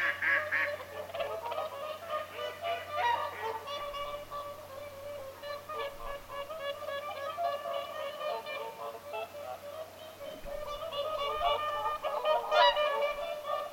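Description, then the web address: Whooper swans in a continuous chorus of overlapping bugling, nasal honks, swelling again toward the end. Whooper swans calling at Lintulahti on 6 November 2025. "paivat 6 11 2025 laulujoutsenten aantelya lintulahdella"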